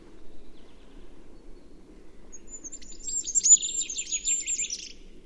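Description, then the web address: Bird, a high twittering phrase arriving after two seconds of quiet, thin whistled notes over a buzzy trill that ends abruptly. "Bird Only"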